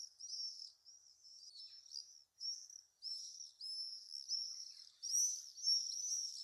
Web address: sound Common-swift. صدای-پرنده-بادخورک-معمولی